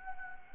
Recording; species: mosquito wingbeat signal from an infrared sensor; Anopheles gambiae